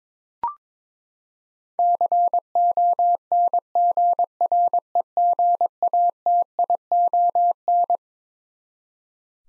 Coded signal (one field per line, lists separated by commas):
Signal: Morse code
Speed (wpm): 21 wpm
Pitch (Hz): 700 Hz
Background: none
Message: CONGREGATION